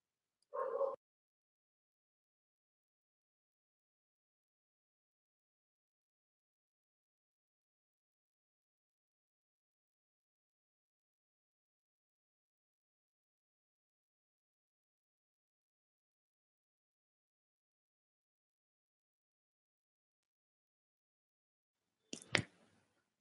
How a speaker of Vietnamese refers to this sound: Con chó nó sủa quá.